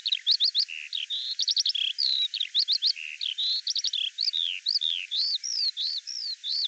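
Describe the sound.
Bird song of clustered quick chirps and short whistles, ending with a series of arched slurred notes.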